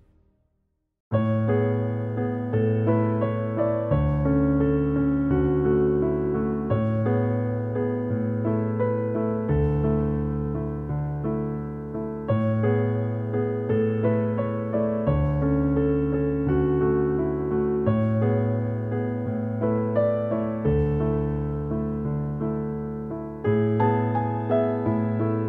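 Calm piano music plays at a steady, gentle level after a second of silence. Chords shift roughly every three seconds, low bass notes held under soft repeated upper notes, with a bright sparkle returning near the end. No rain is evident.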